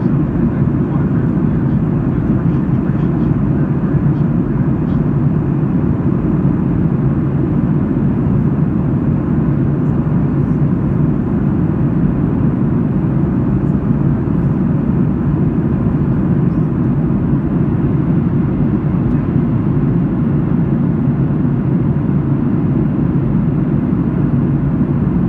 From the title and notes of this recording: 30 minutes of relaxing airplane white noise.